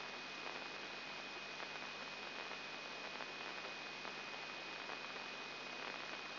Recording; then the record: brain microelectrode recording played as sound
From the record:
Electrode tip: inside the subthalamic nucleus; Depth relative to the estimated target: 1 mm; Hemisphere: left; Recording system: AlphaMap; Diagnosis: Parkinson's disease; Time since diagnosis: 8 years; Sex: female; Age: 37 years